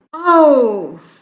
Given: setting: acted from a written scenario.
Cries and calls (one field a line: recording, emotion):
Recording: vocal sound without words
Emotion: disappointment